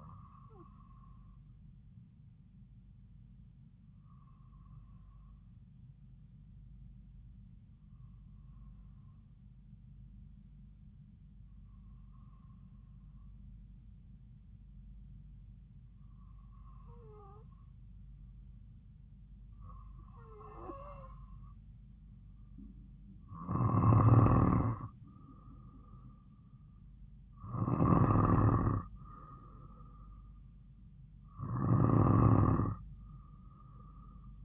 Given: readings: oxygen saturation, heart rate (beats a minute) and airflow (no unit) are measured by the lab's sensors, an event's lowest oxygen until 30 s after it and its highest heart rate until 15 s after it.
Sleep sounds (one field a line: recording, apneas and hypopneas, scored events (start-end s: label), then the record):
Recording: breathing in sleep by a smartphone at the bedside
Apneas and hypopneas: 1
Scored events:
4.00-23.50 s: hypopnea (N3, oxygen 95% highest, then 92% lowest)
26.00-34.45 s: new sleep stage, N2 (light sleep)
From the record:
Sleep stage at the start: N3 (deep sleep)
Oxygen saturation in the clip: 93 to 95%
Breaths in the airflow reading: 9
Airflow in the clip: -3.9 to 3.5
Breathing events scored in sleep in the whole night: 270 in 6.1 hours asleep